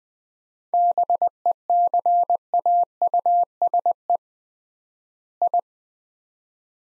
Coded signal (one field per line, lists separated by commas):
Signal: Morse code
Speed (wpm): 20 wpm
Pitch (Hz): 700 Hz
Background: none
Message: BECAUSE I